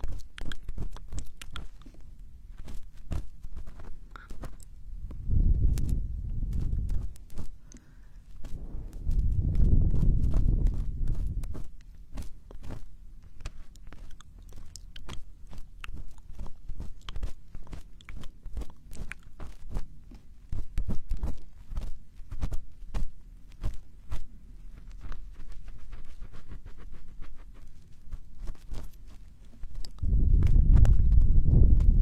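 Ear cleaning: a dense, irregular stream of tiny scratches, clicks and crackles that runs the whole time. Deep, muffled rumbling swells rise around 5–7 seconds, 9–11 seconds and again from 30 seconds, like the tool pressing against the mic.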